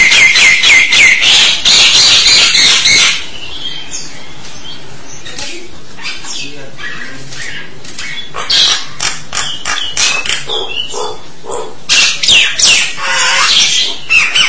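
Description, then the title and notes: Starling song: a fast burst of rapid clicking notes, then a quieter pause, then bouts of scratchy chatter and whistled slurs. "suara burung jalak"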